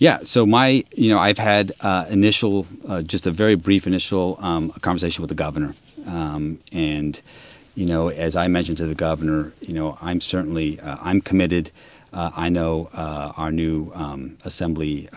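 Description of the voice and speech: Low-pitched adult man speaking with drawn-out sounds, frequent 'you know' fillers and awkward pauses: lifelong stuttering present since childhood, with fillers used to get past blocks.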